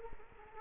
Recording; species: mosquito wingbeat signal from an infrared sensor; Culex quinquefasciatus